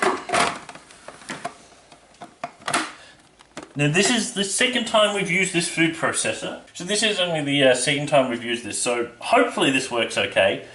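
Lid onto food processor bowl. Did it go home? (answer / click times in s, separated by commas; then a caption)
no / none. A plastic lid is put onto a food processor bowl, giving several sharp knocks in the first few seconds, and then someone talks. Nothing has seated or clicked yet: the lid does not lock into position, and a button that should go down stays up, so it is worked around.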